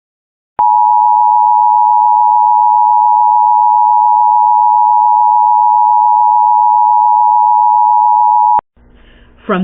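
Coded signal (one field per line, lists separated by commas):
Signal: Emergency Alert System (SAME) tones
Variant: 853 and 960 Hz attention tone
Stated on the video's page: Real overnight required monthly tests for Nebraska, Missouri, Georgia and District of Columbia.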